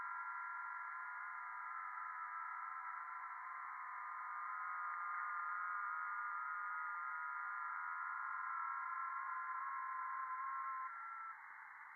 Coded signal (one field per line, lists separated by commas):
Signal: FT8